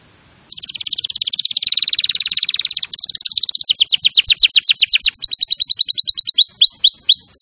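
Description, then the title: Canary song: after a half-second of quiet, a long fast trill of high buzzy notes, then rapid descending sweeps and a few slower upward-curving whistles near the end. Champion canary song used as a master recording for training other birds to sing. "Masteran Kenari Juara"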